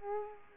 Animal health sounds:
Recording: mosquito wingbeat signal from an infrared sensor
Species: Culex quinquefasciatus

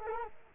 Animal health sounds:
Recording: mosquito wingbeat signal from an infrared sensor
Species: Culex quinquefasciatus

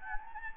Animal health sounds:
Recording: mosquito wingbeat signal from an infrared sensor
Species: Anopheles gambiae

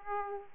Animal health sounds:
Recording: mosquito wingbeat signal from an infrared sensor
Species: Aedes aegypti

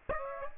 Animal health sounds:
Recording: mosquito wingbeat signal from an infrared sensor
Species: Aedes aegypti

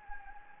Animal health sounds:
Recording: mosquito wingbeat signal from an infrared sensor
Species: Anopheles gambiae

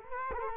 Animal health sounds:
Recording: mosquito wingbeat signal from an infrared sensor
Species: Culex quinquefasciatus

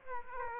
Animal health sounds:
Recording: mosquito wingbeat signal from an infrared sensor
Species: Aedes aegypti

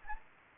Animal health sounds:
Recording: mosquito wingbeat signal from an infrared sensor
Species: Anopheles gambiae

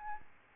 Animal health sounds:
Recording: mosquito wingbeat signal from an infrared sensor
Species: Aedes albopictus

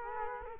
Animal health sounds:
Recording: mosquito wingbeat signal from an infrared sensor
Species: Culex quinquefasciatus

